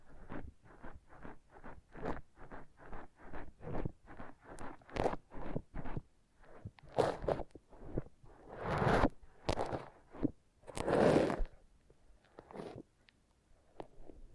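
Foam massage: regular soft rubbing strokes about every half second, then slower, longer squeaky scrapes and swishes, with a loud squeak near eleven seconds.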